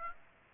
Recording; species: mosquito wingbeat signal from an infrared sensor; Aedes aegypti